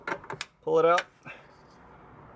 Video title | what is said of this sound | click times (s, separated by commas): How To Replace a Honda Civic 8th Gen Brake Light | the other bulbs that we've changed in the past it's bayet you just twist you can hear the click twist | 0.4 s